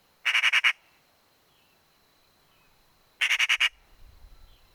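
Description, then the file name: Eurasian magpie chattering: two short harsh rattles of about five rapid notes each, roughly three seconds apart, over quiet background. "Pica pica"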